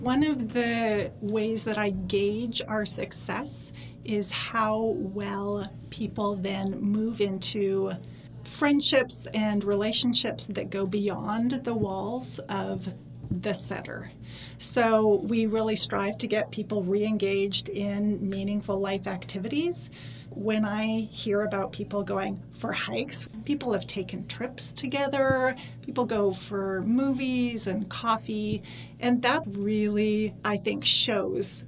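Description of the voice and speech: A woman, the director of an aphasia center, speaks fluently and clearly at an even conversational pace, with ordinary voice and articulation.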